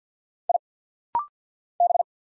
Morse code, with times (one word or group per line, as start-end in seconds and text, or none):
0.5-0.6 I
1.8-2.0 B